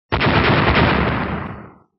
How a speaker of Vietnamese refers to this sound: Vang lên liên tiếp những va chạm nổ mạnh